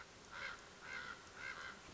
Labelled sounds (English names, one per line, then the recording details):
Common Raven
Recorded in Sonoma County, California